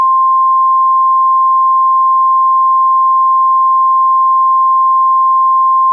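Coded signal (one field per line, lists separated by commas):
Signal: Emergency Alert System (SAME) tones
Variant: 1050 Hz attention tone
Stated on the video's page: Joke EAS scenario, fictional, with valid tones.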